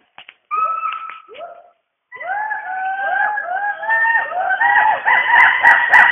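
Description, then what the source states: Hoolock gibbon calls: a few scattered upslurred hoots, a pause, then a building series of repeated rising whoops growing louder, with sharp taps at the end. Mizoram, India.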